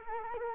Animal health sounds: mosquito wingbeat signal from an infrared sensor; Culex quinquefasciatus

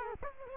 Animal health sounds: mosquito wingbeat signal from an infrared sensor; Culex quinquefasciatus

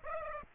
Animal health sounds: mosquito wingbeat signal from an infrared sensor; Aedes aegypti

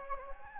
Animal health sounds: mosquito wingbeat signal from an infrared sensor; Anopheles gambiae

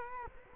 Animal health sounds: mosquito wingbeat signal from an infrared sensor; Culex quinquefasciatus

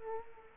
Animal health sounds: mosquito wingbeat signal from an infrared sensor; Culex quinquefasciatus

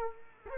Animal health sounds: mosquito wingbeat signal from an infrared sensor; Culex quinquefasciatus

